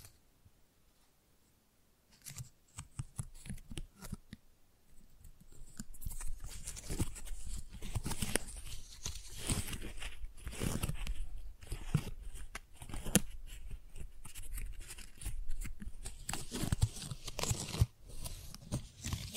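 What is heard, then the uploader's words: Crisp rustling and snipping of flowers, with sharp cuts like scissors and crinkly tearing and crunching of stems and petals. Near silence for the first two seconds, then handling builds and turns dense and continuous after about six seconds. ASMR Most Beautiful Tingly Flower Sounds (No Talking).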